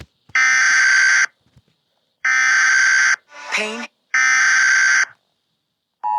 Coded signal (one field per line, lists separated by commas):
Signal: Emergency Alert System (SAME) tones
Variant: header bursts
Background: speech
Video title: EAS Scenario The Beatle From My Nightmare